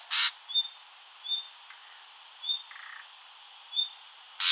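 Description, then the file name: Common nightingale calls: a loud rasping burst at each end, with four thin, high, level whistles spaced about a second apart in between. "Luscinia megarhynchos"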